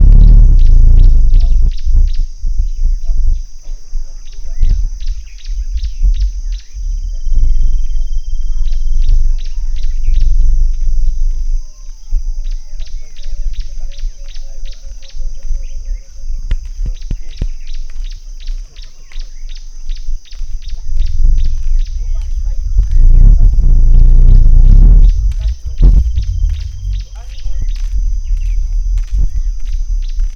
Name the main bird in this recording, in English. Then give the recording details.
Green-backed Camaroptera. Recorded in Lake Mburo, Uganda